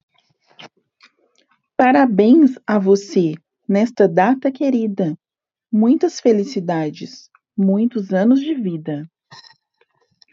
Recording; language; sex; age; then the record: short text; Brazilian Portuguese; female; 30 to 39 years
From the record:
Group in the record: control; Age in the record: 35 years